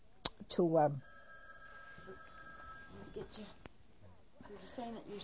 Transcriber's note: telephone rings